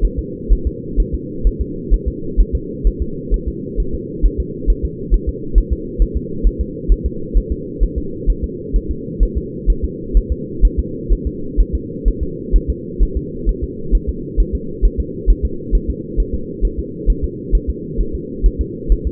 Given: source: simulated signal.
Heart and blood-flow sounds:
fetal heart sounds
0.05 s: S1
0.19 s: S2
0.53 s: S1
0.67 s: S2
1.00 s: S1
1.14 s: S2
1.47 s: S1
1.61 s: S2
1.94 s: S1
2.08 s: S2
2.40 s: S1
2.55 s: S2
2.87 s: S1
3.02 s: S2
3.34 s: S1
3.48 s: S2
3.80 s: S1
3.95 s: S2
4.25 s: S1
4.40 s: S2
4.70 s: S1
4.85 s: S2
5.14 s: S1
5.29 s: S2
5.58 s: S1
5.73 s: S2
6.02 s: S1
6.17 s: S2
6.47 s: S1
6.61 s: S2
6.92 s: S1
7.06 s: S2
7.37 s: S1
7.52 s: S2
7.83 s: S1
7.98 s: S2
8.30 s: S1
8.44 s: S2
8.76 s: S1
8.91 s: S2
9.23 s: S1
9.37 s: S2
9.70 s: S1
9.84 s: S2
10.17 s: S1
10.32 s: S2
10.65 s: S1
10.79 s: S2
11.13 s: S1
11.27 s: S2
11.60 s: S1
11.75 s: S2
12.08 s: S1
12.23 s: S2
12.56 s: S1
12.70 s: S2
13.03 s: S1
13.17 s: S2
13.49 s: S1
13.63 s: S2
13.95 s: S1
14.09 s: S2
14.40 s: S1
14.55 s: S2
14.85 s: S1
15.00 s: S2
15.30 s: S1
15.45 s: S2
15.75 s: S1
15.90 s: S2
16.20 s: S1
16.35 s: S2
16.65 s: S1
16.79 s: S2
17.10 s: S1
17.24 s: S2
17.55 s: S1
17.69 s: S2
18.00 s: S1
18.15 s: S2
18.46 s: S1
18.61 s: S2
18.92 s: S1
19.07 s: S2
From the record:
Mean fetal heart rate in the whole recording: 130 bpm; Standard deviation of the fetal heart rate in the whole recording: 2 bpm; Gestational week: 36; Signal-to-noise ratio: -4.3 dB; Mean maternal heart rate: 72 bpm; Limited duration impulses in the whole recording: absent

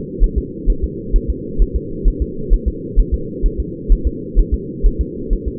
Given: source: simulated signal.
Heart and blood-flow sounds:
fetal heart sounds
0.24 s: S1
0.38 s: S2
0.70 s: S1
0.84 s: S2
1.16 s: S1
1.30 s: S2
1.62 s: S1
1.76 s: S2
2.08 s: S1
2.22 s: S2
2.53 s: S1
2.68 s: S2
2.99 s: S1
3.14 s: S2
3.46 s: S1
3.60 s: S2
3.92 s: S1
4.07 s: S2
4.39 s: S1
4.54 s: S2
4.86 s: S1
5.01 s: S2
5.33 s: S1
5.48 s: S2
From the record:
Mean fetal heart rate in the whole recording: 130 bpm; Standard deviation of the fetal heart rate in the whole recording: 2 bpm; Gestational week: 38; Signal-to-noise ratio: -4.3 dB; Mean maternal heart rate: 72 bpm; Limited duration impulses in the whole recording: absent

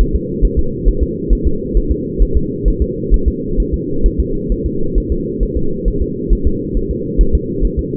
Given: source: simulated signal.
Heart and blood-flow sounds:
fetal heart sounds
0.01 s: S1
0.15 s: S2
0.45 s: S1
0.59 s: S2
0.88 s: S1
1.03 s: S2
1.33 s: S1
1.47 s: S2
1.77 s: S1
1.91 s: S2
2.22 s: S1
2.37 s: S2
2.68 s: S1
2.82 s: S2
3.14 s: S1
3.28 s: S2
3.60 s: S1
3.74 s: S2
4.06 s: S1
4.20 s: S2
4.52 s: S1
4.66 s: S2
4.98 s: S1
5.12 s: S2
5.43 s: S1
5.57 s: S2
5.88 s: S1
6.02 s: S2
6.33 s: S1
6.47 s: S2
6.77 s: S1
6.91 s: S2
7.21 s: S1
7.35 s: S2
7.65 s: S1
7.79 s: S2
From the record:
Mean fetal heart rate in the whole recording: 135 bpm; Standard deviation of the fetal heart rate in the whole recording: 3 bpm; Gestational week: 36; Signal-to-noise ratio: -8.1 dB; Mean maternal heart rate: 72 bpm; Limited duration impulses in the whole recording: absent

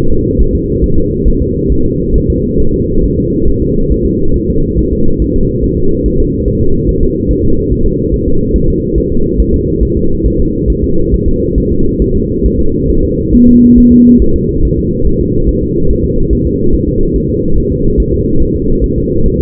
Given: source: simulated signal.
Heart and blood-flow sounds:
fetal heart sounds
0.12 s: S2
0.41 s: S1
0.55 s: S2
0.84 s: S1
0.98 s: S2
1.28 s: S1
1.42 s: S2
1.72 s: S1
1.86 s: S2
2.16 s: S1
2.30 s: S2
2.60 s: S1
2.74 s: S2
3.04 s: S1
3.18 s: S2
3.48 s: S1
3.62 s: S2
3.92 s: S1
4.06 s: S2
4.36 s: S1
4.50 s: S2
4.79 s: S1
4.93 s: S2
5.22 s: S1
5.36 s: S2
5.64 s: S1
5.78 s: S2
6.06 s: S1
6.20 s: S2
6.48 s: S1
6.62 s: S2
6.89 s: S1
7.03 s: S2
7.31 s: S1
7.45 s: S2
7.72 s: S1
7.86 s: S2
8.14 s: S1
8.28 s: S2
8.56 s: S1
8.70 s: S2
8.98 s: S1
9.12 s: S2
9.40 s: S1
9.54 s: S2
9.83 s: S1
9.97 s: S2
10.26 s: S1
10.40 s: S2
10.70 s: S1
10.84 s: S2
11.14 s: S1
11.28 s: S2
11.58 s: S1
11.72 s: S2
12.02 s: S1
12.16 s: S2
12.46 s: S1
12.60 s: S2
12.90 s: S1
13.04 s: S2
13.34 s: S1
13.49 s: S2
13.78 s: S1
13.92 s: S2
14.22 s: S1
14.36 s: S2
14.65 s: S1
14.79 s: S2
15.07 s: S1
15.21 s: S2
15.49 s: S1
15.63 s: S2
15.91 s: S1
16.05 s: S2
16.33 s: S1
16.47 s: S2
16.74 s: S1
16.88 s: S2
17.16 s: S1
17.30 s: S2
17.58 s: S1
17.72 s: S2
18.00 s: S1
18.14 s: S2
18.42 s: S1
18.56 s: S2
18.84 s: S1
18.98 s: S2
19.26 s: S1
19.40 s: S2
From the record:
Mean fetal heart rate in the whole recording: 140 bpm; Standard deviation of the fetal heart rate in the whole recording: 2 bpm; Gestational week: 34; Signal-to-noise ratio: -17.7 dB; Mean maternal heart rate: 72 bpm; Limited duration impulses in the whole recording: present

